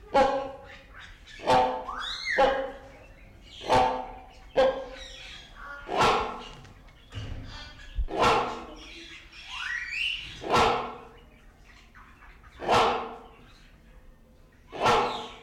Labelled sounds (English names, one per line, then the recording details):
Great Hornbill call
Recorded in captivity
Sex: pair
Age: adult
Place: Zoo Berlin, Berlin, DE
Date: 1994-04-02 11:20
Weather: wolkig bis heiter, 8-10°C
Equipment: Marantz CP 430, Sennheiser ME 80, Kopie Uher Variocord 263
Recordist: Tembrock, Günter
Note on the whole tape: Rufreihe des Paares (komplett)